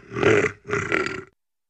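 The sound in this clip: Dog giving two rough, growly barks, each about half a second long, separated by a brief pause.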